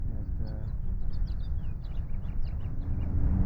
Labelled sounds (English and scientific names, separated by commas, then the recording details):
House Finch (Haemorhous mexicanus) song
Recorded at Breezy Point on Long Island, New York, on 4 June 1975
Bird A